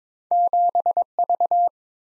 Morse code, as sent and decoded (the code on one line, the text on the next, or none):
--... ...-
7V